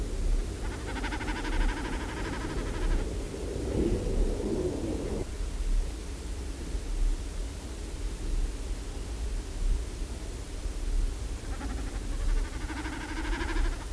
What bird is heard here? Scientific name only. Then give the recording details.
Gallinago gallinago. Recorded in the wild. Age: adult. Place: Jezioro Drúzno, PL. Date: 1966-05-19. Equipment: Nagra III BH. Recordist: Schubert, Michael. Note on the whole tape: "Meckern". Teilweise gute Aufnahmequalität